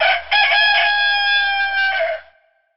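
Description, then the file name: Rooster crowing, one long drawn-out cock-a-doodle-doo with a brief stutter at the start, holding steady before fading at the end. "Zvuki zhivotnyh zhivoj rasskaz - petuh"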